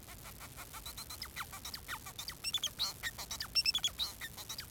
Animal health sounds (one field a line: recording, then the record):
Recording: song of a male Bengalese finch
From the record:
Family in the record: son of father 4